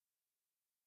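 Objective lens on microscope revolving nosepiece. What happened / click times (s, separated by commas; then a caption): The part is not yet seated; no click is heard / none. The revolving nosepiece of a microscope is being turned to bring the 10x objective lens perpendicular to the stage. Only a faint, steady hiss is heard, with no distinct sounds. Nothing has seated or clicked yet.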